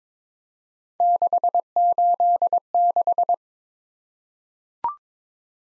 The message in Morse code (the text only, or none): 686